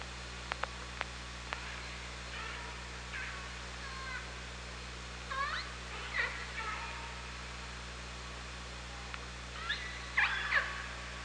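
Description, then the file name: Orca calls: short pulsed and whistle-like calls come in scattered bursts, strongest near the middle and end, over a steady low underwater hum and hiss. OrcaLab hydrophone, 24 August 2017, 18:40:12. "Orca Lab UTLN JASON 20170824 184012"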